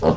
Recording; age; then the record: pig call; piglet (1 to 25 days)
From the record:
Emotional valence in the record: positive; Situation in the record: reunion after long isolation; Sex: female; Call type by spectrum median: low-frequency call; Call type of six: low-frequency tonal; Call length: 0.17 s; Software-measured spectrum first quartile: 233 Hz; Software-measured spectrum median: 442 Hz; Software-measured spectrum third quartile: 638 Hz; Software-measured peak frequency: 490 Hz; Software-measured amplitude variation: 154 dB a second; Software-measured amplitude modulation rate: 8.7 a second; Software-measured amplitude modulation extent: 17.6 dB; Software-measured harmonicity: -0.5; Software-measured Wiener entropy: -0.94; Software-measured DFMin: 1287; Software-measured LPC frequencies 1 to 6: 504, 2905, 4339, 5045, 5741, 7639 Hz